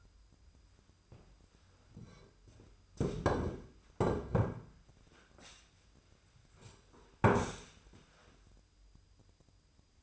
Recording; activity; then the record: daily activity, microphone in the room; sit down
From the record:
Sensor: 2